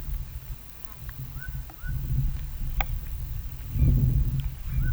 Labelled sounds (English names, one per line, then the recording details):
none
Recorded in pastures near Puerto Asís, Putumayo, Colombia, on 21 December 2024 at 11:30
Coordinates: 0.486, -76.323
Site GP01